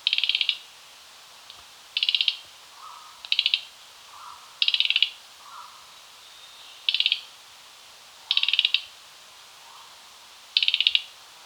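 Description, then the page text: Mugimaki flycatcher calls as a series of seven crisp, stuttering rattles, with soft lower notes drifting between them. "Mugimaki Flycatcher Call. Quick Sounds"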